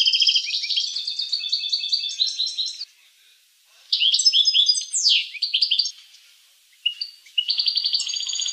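Finch song: rapid buzzy trills and chattering notes in high phrases, a pause of about a second, then more twittering bursts and a final trilled phrase.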